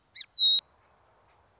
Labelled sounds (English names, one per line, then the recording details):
Song Sparrow
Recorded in Sonoma County, California